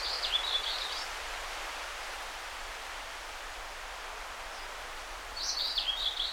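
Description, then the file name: Common whitethroat giving brief scratchy warbling bursts at the start and end, separated by a long quiet gap of steady hiss. Recorded 20 May 2009. "20090520 whitethroat"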